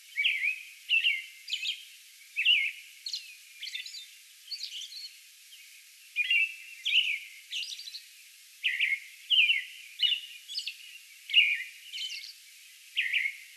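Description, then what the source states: American robin caroling steadily, short warbled phrases delivered in a continuous bout with brief gaps, mixed with higher thin squeaky notes. Song bout on May 11.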